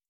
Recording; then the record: hydrophone in a shrimp aquaculture tank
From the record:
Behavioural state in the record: feeding